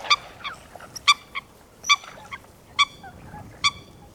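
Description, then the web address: Eurasian coot calls, loud sharp harmonic notes repeated roughly once a second, with softer notes between. "Foulque macroule - Fulica atra. Audrey Beauduc"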